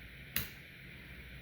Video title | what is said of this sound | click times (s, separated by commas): ResMed CPAP Noise Solved | It hasn't snapped in yet, so we're going to go till it snaps. | 0.4 s